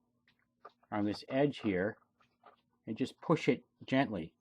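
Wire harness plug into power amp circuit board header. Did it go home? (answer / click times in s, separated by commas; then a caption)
no / none. A wire harness plug is lined up on its guides with the white tab and pushed gently with the thumb toward the header on a power amp circuit board. Someone talks throughout, with a couple of faint, brief ticks early on. Nothing has seated or clicked into the connector yet.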